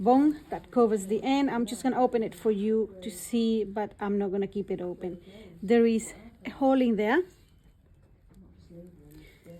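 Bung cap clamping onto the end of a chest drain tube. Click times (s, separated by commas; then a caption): 8.3 s, 9.1 s. Someone talks, then the plastic bung cap on the end of a Rocket chest drain tube is pressed shut. Two small, quiet clicks come at 8.3 s and 9.1 s as the cap clamps closed over the end of the tube.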